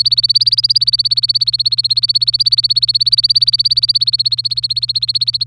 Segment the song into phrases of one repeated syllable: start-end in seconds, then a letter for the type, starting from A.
0.00-5.46 A